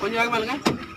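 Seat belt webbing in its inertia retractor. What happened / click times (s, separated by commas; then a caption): The belt is being pulled but has not yet locked / none. Someone talks while a car seat belt's webbing is handled at its inertia retractor, ahead of a quick, hard pull meant to make the retractor lock. A brief broadband rustle is heard near 0.65 s under the voice, but nothing has locked or clicked yet.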